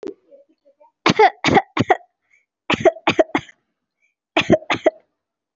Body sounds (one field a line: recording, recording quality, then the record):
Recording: shallow voluntary cough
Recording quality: excellent, no background noise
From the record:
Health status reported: recovered from COVID-19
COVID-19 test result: positive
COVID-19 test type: RT-PCR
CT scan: taken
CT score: 0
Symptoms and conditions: fatigue, muscle pain, another condition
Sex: female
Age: 25 years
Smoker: no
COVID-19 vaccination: both doses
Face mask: worn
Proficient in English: yes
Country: India